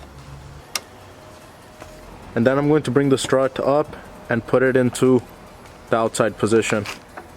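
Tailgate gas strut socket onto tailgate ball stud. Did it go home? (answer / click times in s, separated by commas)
no / none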